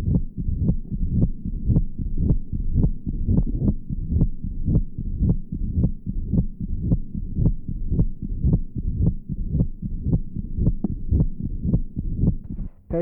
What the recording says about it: Has mitral stenosis. The recording is taken in the mitral area. The murmur that you can hear is a mitral diastolic murmur. Present an atrial systolic accentuation of this murmur with loud first sound, and opening snap is also present.